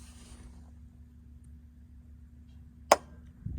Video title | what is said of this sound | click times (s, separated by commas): Our 22nd RV park and move day! | there's a click good to go | 2.9 s